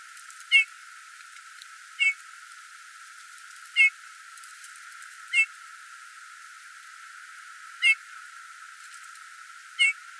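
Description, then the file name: Eurasian bullfinch uttering soft, plaintive whistled notes, six single calls spread unevenly across the recording with quiet gaps between. "Domherre"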